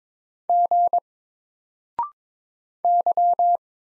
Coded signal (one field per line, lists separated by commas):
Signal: Morse code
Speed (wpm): 22 wpm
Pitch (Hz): 700 Hz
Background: none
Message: G Y